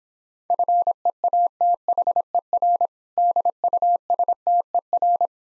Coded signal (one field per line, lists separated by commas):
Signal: Morse code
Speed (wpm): 26 wpm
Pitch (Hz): 700 Hz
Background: none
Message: FEATHER DUSTER